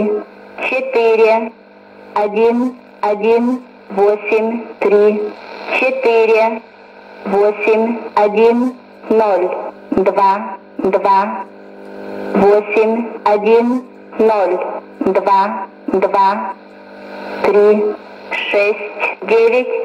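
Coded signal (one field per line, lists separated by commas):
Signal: numbers station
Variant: S06s, Russian female voice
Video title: 19 12 2019 S06s Russian Lady numbers station in Russian to Eu 0944 on 9540 unknown tx site USB+AM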